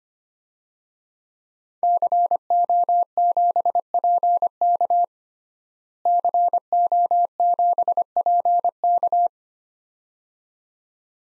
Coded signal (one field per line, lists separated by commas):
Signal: Morse code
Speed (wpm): 25 wpm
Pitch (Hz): 700 Hz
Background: none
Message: CO7PK CO7PK